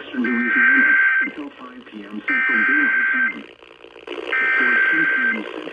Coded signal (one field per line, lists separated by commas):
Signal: Emergency Alert System (SAME) tones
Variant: header bursts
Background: speech